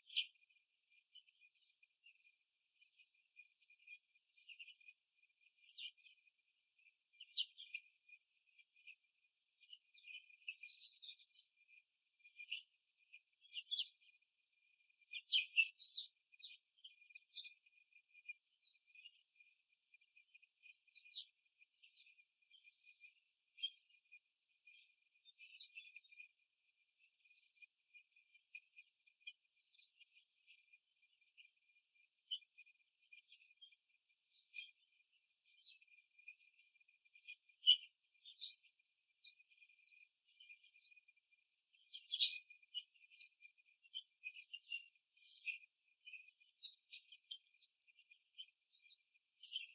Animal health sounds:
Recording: young laying hens in a cage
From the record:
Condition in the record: before the stressor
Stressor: simulated dog barking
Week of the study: 3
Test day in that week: 1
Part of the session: 1

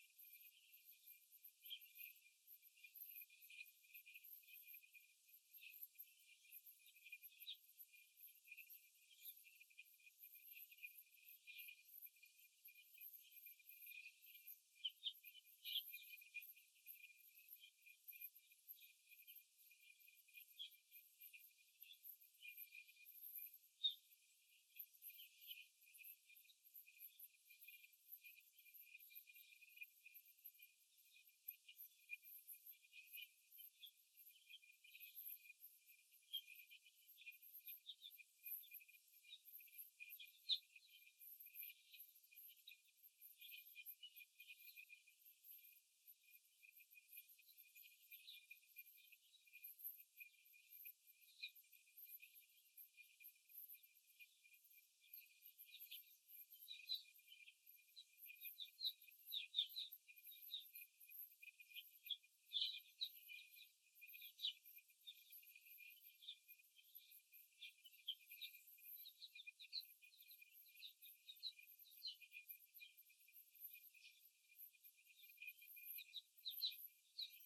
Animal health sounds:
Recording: young laying hens in a cage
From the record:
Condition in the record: after the stressor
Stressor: simulated dog barking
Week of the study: 1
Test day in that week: 2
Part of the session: 4

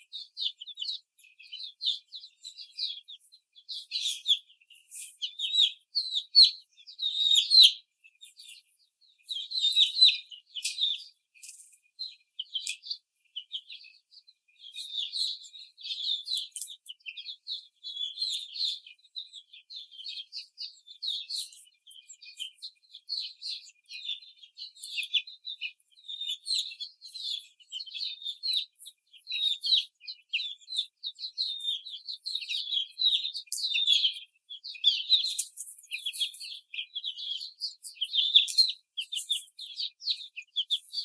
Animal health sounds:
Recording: young laying hens in a cage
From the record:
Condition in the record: before the stressor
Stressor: simulated dog barking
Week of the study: 4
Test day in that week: 3

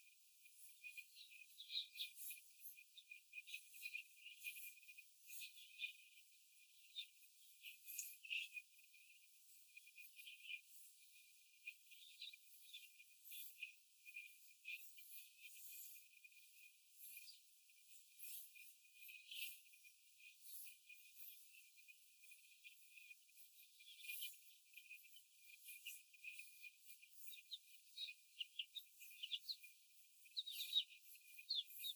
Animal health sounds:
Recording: young laying hens in a cage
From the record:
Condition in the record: before the stressor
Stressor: simulated dog barking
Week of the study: 4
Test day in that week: 1

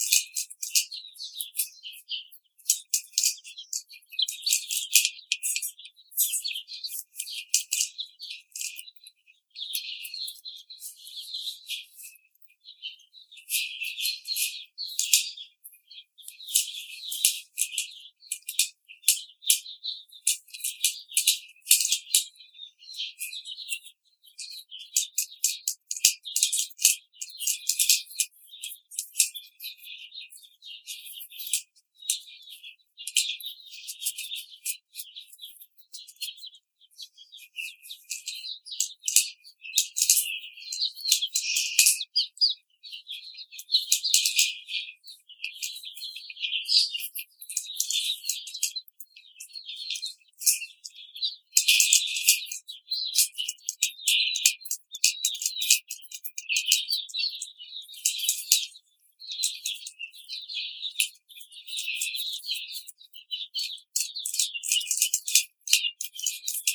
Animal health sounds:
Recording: young laying hens in a cage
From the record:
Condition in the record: treatment cage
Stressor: simulated dog barking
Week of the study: 5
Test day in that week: 1

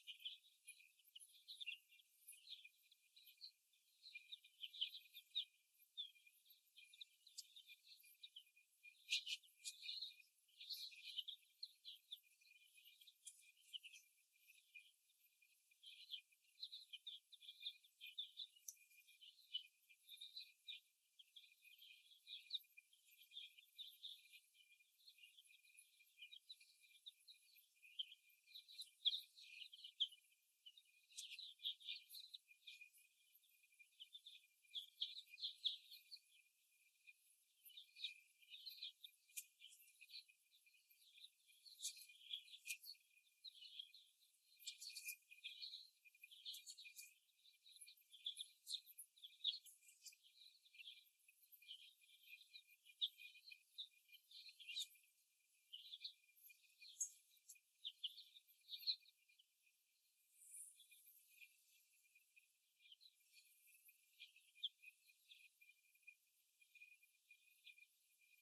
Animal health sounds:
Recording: young laying hens in a cage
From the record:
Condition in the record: before the stressor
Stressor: simulated dog barking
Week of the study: 1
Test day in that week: 1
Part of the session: 3

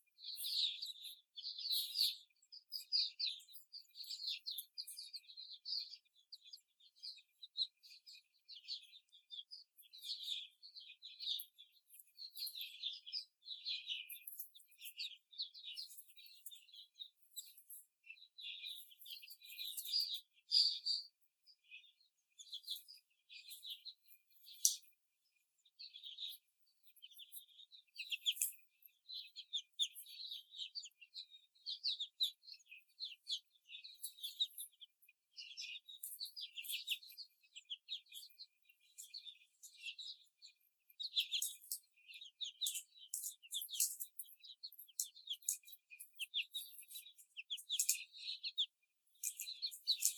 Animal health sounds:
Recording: young laying hens in a cage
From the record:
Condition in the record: before the stressor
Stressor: simulated dog barking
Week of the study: 4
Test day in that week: 2

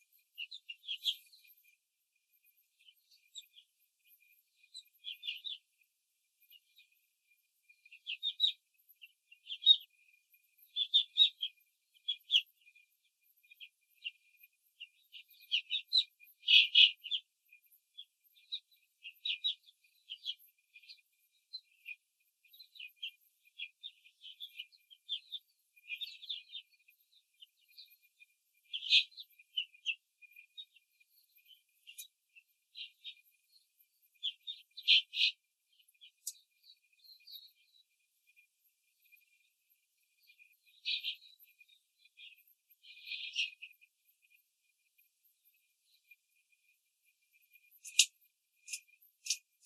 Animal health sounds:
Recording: young laying hens in a cage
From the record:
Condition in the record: control cage, after the stress test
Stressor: none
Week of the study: 4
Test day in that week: 3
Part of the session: 3

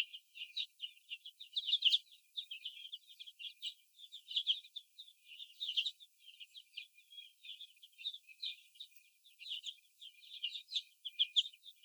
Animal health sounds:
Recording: young laying hens in a cage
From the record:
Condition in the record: before the stressor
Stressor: sudden umbrella opening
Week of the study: 2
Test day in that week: 1

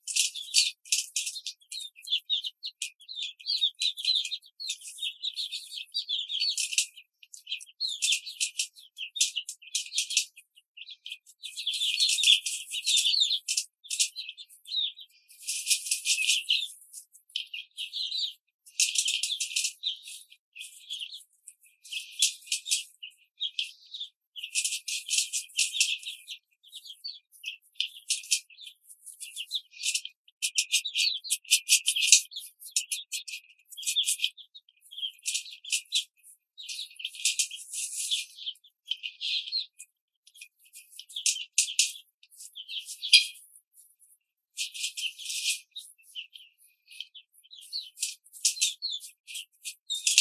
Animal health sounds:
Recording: young laying hens in a cage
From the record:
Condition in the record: control cage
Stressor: none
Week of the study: 5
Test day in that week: 1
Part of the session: 3

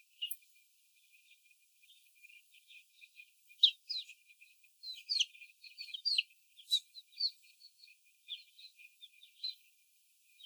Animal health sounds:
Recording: young laying hens in a cage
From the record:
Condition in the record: before the stressor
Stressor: sudden umbrella opening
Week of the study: 3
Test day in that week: 2

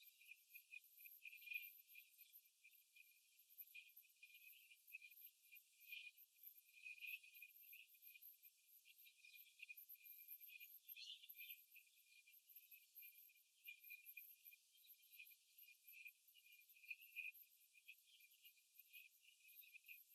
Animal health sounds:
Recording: young laying hens in a cage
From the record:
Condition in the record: after the stressor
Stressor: simulated dog barking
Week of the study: 3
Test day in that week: 2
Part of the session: 3

